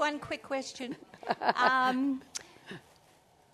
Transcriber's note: laughter